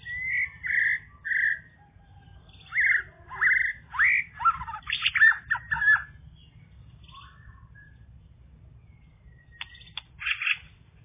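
Bird song: strong whistled notes, then scratchy mixed phrases, a quiet gap and a few sharp chips at the end.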